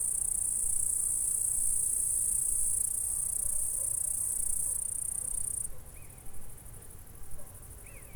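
Insect stridulation forms a dense high hiss for most, then drops sharply in level, with two short chirps near the end.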